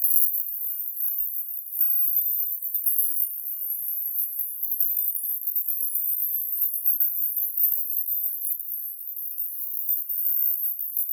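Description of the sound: A steady, very quiet, very high-pitched shimmering hiss runs throughout, with no low or mid tones at all. It is a synthesized tinnitus masking sound, a high-frequency distractor centred near 14 kHz that is used to draw attention away from ringing in the ears.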